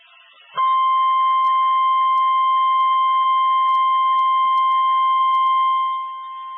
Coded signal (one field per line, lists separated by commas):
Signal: Emergency Alert System (SAME) tones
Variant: 1050 Hz attention tone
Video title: When The Signal Is Picky | EAS Alerts From 4/5-6/2022 (EAS #1,386-1,392)